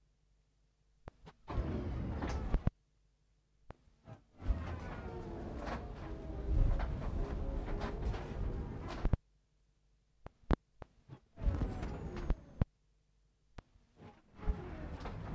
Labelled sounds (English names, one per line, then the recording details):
Polar Bear
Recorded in captivity
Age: adult
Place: Zirkus Aeros, Berlin, DE
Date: 1960-06-27 18:00
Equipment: Reporter (Vollspur)
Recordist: Tembrock, Günter